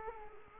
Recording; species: mosquito wingbeat signal from an infrared sensor; Culex quinquefasciatus